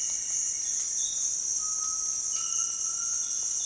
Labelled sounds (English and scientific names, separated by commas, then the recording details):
Buff-throated Woodcreeper (Xiphorhynchus guttatus), Undulated Tinamou (Crypturellus undulatus)
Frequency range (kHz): Buff-throated Woodcreeper (Xiphorhynchus guttatus) 1.5-2.7 kHz; Undulated Tinamou (Crypturellus undulatus) 0.9-1.6 kHz
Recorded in dense forest near Puerto Asís, Putumayo, Colombia, on 21 February 2024 at 07:00
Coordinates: 0.466, -76.327
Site G6413